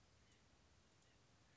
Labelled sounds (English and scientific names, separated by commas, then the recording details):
White-breasted Nuthatch (Sitta carolinensis)
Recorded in Sonoma County, California